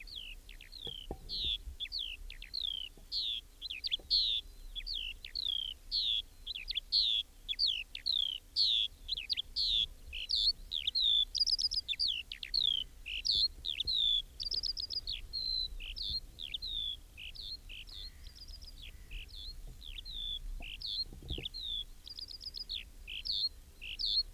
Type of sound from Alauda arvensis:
song